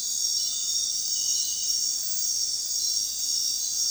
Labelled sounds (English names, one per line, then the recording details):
none
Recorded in dense forest near Puerto Asís, Putumayo, Colombia, on 20 February 2024 at 01:00
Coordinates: 0.466, -76.327
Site G6413